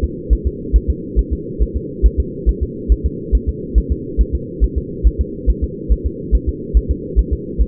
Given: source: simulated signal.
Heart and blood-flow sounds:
fetal heart sounds
0.04 s: S2
0.33 s: S1
0.47 s: S2
0.76 s: S1
0.90 s: S2
1.19 s: S1
1.33 s: S2
1.62 s: S1
1.77 s: S2
2.06 s: S1
2.20 s: S2
2.49 s: S1
2.63 s: S2
2.92 s: S1
3.06 s: S2
3.35 s: S1
3.49 s: S2
3.78 s: S1
3.92 s: S2
4.21 s: S1
4.35 s: S2
4.64 s: S1
4.78 s: S2
5.07 s: S1
5.21 s: S2
5.50 s: S1
5.64 s: S2
5.92 s: S1
6.06 s: S2
6.35 s: S1
6.49 s: S2
6.77 s: S1
6.91 s: S2
7.19 s: S1
7.33 s: S2
7.61 s: S1
From the record:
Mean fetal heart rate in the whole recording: 140 bpm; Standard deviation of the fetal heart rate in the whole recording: 2 bpm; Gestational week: 34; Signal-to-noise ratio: -4.1 dB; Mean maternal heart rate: no maternal heart sound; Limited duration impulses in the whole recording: absent

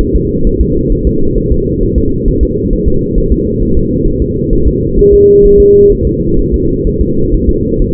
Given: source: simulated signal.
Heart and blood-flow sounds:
fetal heart sounds
0.01 s: S1
0.16 s: S2
0.47 s: S1
0.61 s: S2
0.92 s: S1
1.07 s: S2
1.38 s: S1
1.52 s: S2
1.83 s: S1
1.98 s: S2
2.28 s: S1
2.43 s: S2
2.73 s: S1
2.88 s: S2
3.18 s: S1
3.32 s: S2
3.62 s: S1
3.77 s: S2
4.07 s: S1
4.22 s: S2
4.53 s: S1
4.67 s: S2
4.99 s: S1
5.14 s: S2
5.45 s: S1
5.60 s: S2
5.92 s: S1
6.07 s: S2
6.39 s: S1
6.54 s: S2
6.87 s: S1
7.01 s: S2
7.34 s: S1
7.49 s: S2
7.82 s: S1
From the record:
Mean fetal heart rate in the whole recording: 130 bpm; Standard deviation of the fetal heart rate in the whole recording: 4 bpm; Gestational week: 38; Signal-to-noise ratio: -16.4 dB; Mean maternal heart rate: 72 bpm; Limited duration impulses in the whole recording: present

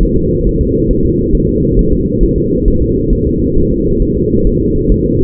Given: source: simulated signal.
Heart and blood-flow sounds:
fetal heart sounds
0.03 s: S1
0.17 s: S2
0.47 s: S1
0.61 s: S2
0.91 s: S1
1.05 s: S2
1.35 s: S1
1.49 s: S2
1.79 s: S1
1.93 s: S2
2.23 s: S1
2.38 s: S2
2.68 s: S1
2.82 s: S2
3.13 s: S1
3.27 s: S2
3.57 s: S1
3.72 s: S2
4.02 s: S1
4.17 s: S2
4.47 s: S1
4.62 s: S2
4.92 s: S1
5.06 s: S2
From the record:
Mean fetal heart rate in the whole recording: 135 bpm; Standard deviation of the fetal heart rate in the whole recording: 3 bpm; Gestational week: 36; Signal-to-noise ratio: -15.3 dB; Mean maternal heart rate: 72 bpm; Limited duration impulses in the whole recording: present

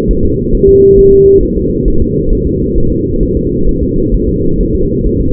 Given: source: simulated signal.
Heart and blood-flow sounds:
fetal heart sounds
0.11 s: S1
0.25 s: S2
0.55 s: S1
0.69 s: S2
0.99 s: S1
1.13 s: S2
1.43 s: S1
1.57 s: S2
1.88 s: S1
2.02 s: S2
2.33 s: S1
2.47 s: S2
2.78 s: S1
2.92 s: S2
3.23 s: S1
3.37 s: S2
3.69 s: S1
3.83 s: S2
4.15 s: S1
4.29 s: S2
4.60 s: S1
4.75 s: S2
5.06 s: S1
5.21 s: S2
From the record:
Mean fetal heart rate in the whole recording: 135 bpm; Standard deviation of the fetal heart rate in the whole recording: 3 bpm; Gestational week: 36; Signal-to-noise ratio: -16.4 dB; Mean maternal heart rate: 72 bpm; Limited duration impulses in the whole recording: present

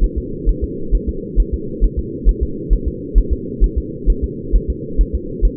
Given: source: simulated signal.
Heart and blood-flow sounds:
fetal heart sounds
0.04 s: S1
0.18 s: S2
0.49 s: S1
0.64 s: S2
0.95 s: S1
1.09 s: S2
1.40 s: S1
1.54 s: S2
1.84 s: S1
1.99 s: S2
2.29 s: S1
2.43 s: S2
2.73 s: S1
2.88 s: S2
3.18 s: S1
3.33 s: S2
3.64 s: S1
3.78 s: S2
4.10 s: S1
4.24 s: S2
4.56 s: S1
4.70 s: S2
5.01 s: S1
5.15 s: S2
5.45 s: S1
From the record:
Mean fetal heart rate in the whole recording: 135 bpm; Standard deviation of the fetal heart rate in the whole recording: 3 bpm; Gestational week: 36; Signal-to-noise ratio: -4.3 dB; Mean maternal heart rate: 72 bpm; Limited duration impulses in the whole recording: absent

